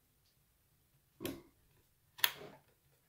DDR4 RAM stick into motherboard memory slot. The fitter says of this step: so all you have to do is just like push them evenly until it clicks